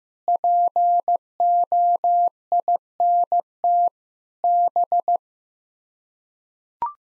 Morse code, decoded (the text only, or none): POINT B